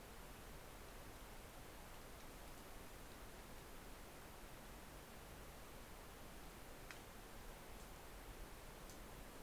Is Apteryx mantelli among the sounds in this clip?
no